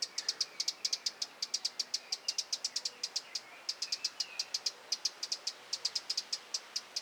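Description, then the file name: Eurasian wren calling with a long string of crisp ticks, spaced fairly evenly and barely pausing, over quiet background hiss. "Troglodytes troglodytes"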